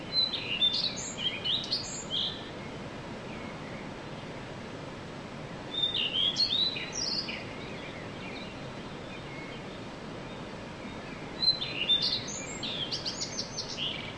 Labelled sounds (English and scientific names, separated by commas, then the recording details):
Common Redstart (Phoenicurus phoenicurus)
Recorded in the wild
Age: adult
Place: Untertweng, AT
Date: 1968-04-14
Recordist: Brunner, Thomas